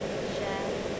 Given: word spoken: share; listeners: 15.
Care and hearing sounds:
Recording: one English word in noise, from a listening test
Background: speech-shaped noise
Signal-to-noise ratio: -6.6 dB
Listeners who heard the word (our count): 6 of 15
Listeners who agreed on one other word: 8 of 15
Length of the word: 0.60 s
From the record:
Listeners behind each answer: 8, 6, 1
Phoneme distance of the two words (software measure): 10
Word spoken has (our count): 1 syllable, 2 phonemes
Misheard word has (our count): 1 syllable, 2 phonemes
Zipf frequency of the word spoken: 4.92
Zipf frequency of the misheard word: 4.66

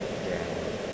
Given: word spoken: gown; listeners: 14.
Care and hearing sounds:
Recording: one English word in noise, from a listening test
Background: speech-shaped noise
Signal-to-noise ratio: -4.6 dB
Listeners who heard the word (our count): 0 of 14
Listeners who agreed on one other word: 7 of 14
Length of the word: 0.53 s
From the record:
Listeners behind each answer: 7, 3, 1, 1, 1, 1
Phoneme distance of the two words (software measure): 30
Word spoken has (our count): 1 syllable, 3 phonemes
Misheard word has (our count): 1 syllable, 3 phonemes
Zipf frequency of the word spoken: 3.59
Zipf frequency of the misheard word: 4.34

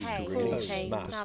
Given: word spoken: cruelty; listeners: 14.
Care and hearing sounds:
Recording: one English word in noise, from a listening test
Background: four-talker babble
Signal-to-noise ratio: -2.8 dB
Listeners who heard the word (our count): 0 of 14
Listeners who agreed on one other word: 7 of 14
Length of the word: 0.85 s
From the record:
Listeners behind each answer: 7, 1, 1, 1, 1, 1, 1, 1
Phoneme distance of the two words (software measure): 55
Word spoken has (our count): 3 syllables, 7 phonemes, stress on syllable 1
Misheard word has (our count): 1 syllable, 2 phonemes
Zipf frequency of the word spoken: 3.55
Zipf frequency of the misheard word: 5.40

